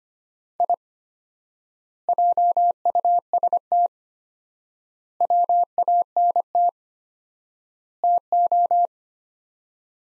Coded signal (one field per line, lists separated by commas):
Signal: Morse code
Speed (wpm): 25 wpm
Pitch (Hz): 700 Hz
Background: none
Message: I JUST WANT TO